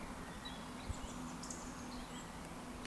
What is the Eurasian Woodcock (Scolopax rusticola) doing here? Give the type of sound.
whistle